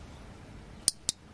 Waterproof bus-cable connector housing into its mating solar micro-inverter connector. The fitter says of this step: clic vous allez entendre un clic ici et pour sécuriser la connexion